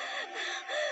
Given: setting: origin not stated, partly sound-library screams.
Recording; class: one-second piece from a danger detection set; woman in danger